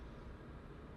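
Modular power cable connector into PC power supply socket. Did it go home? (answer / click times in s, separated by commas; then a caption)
no / none. A motherboard power cable from a modular power supply is handled at its labeled socket on the power supply, with a steady low rumbling noise throughout. Nothing has seated or clicked yet.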